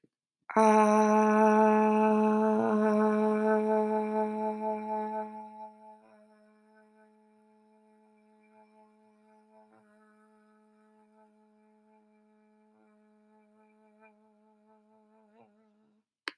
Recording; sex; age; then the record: vowel held as long as possible; female; 30 to 39 years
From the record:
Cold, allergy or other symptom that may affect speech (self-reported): no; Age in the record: 31 years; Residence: United States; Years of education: 18